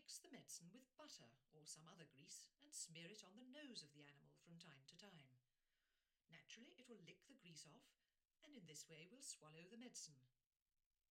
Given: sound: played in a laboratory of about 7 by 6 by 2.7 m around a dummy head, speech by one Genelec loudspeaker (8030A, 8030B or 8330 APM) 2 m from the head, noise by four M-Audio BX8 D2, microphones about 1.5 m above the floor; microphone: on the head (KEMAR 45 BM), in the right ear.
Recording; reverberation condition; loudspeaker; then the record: female speech in English; low; 30 degrees to the right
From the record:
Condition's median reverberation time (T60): about 310 ms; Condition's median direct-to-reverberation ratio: about 3.5 dB